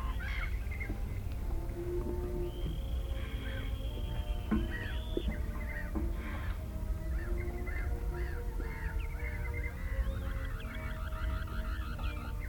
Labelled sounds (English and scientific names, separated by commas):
Dunlin (Calidris alpina) call